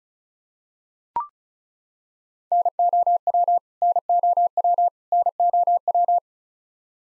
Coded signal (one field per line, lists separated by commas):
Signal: Morse code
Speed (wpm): 36 wpm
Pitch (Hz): 700 Hz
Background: none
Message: NOW NOW NOW